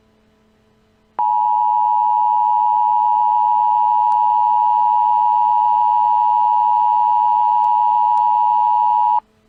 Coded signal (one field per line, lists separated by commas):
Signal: Emergency Alert System (SAME) tones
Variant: 853 and 960 Hz attention tone